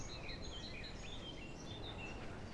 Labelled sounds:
Eurasian Blackcap (Sylvia atricapilla)

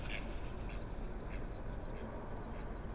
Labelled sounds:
Mallard (Anas platyrhynchos)

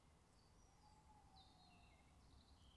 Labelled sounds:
Tawny Owl (Strix aluco)

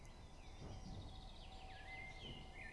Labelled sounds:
Common Chaffinch (Fringilla coelebs)

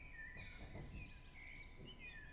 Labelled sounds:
Common Blackbird (Turdus merula)

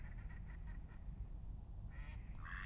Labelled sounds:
Mallard (Anas platyrhynchos)

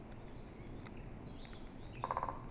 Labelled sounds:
Eurasian Blackcap (Sylvia atricapilla)

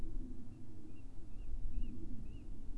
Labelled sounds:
Tawny Owl (Strix aluco)

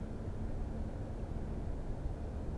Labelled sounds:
Common Chaffinch (Fringilla coelebs)

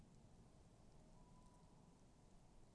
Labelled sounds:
Tawny Owl (Strix aluco)

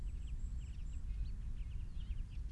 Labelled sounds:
Common Chaffinch (Fringilla coelebs)

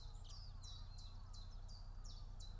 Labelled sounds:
Common Chiffchaff (Phylloscopus collybita)

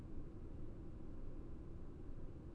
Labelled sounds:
none

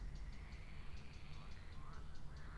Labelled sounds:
Eurasian Blackcap (Sylvia atricapilla)

